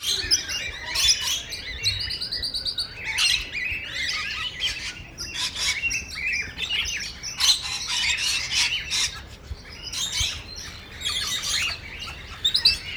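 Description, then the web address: Parrot chatter, a dense stream of squawks, chirps and short rattling trills from several birds, with loud screechy peaks scattered throughout. Several parrots at Nyíregyháza Zoo, recorded in 2010, calling from the top of a green pyramid. "nyiregyhazizoo 2010 madarak papagajokazoldpiramistetejen"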